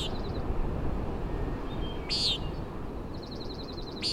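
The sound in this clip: Common Nighthawk giving a couple of nasal peents, with a fast ticking trill from another bird and a loud rush of wind and waves.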